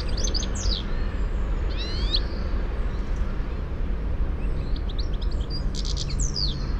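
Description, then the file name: European goldfinch calls, bright tinkling chirps in short bursts near the start, around two seconds and again toward the end, over a constant low rumbling background noise. "Carduelis carduelis"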